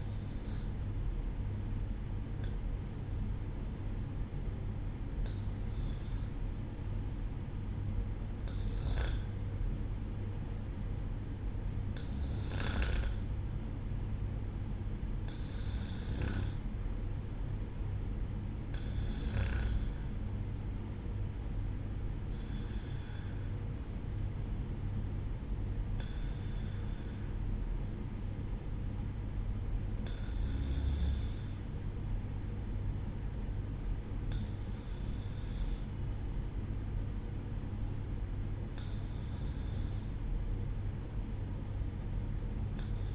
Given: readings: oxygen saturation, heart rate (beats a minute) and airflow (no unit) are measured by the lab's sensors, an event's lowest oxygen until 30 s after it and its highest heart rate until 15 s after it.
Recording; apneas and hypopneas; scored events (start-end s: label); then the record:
breathing in sleep by a smartphone at the bedside; none
none scored
From the record:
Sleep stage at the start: REM sleep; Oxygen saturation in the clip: 94 to 96%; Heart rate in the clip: 58 to 64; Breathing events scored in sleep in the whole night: 305 in 9.6 hours asleep